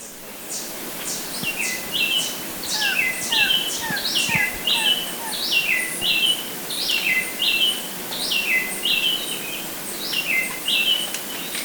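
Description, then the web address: Bar-winged Wood-Wren singing phrases of high falling whistled notes, repeated steadily throughout with little pause, over faint background noise. Ecuador. "Birds of Ecuador. Bar-Winged Wood-Wren"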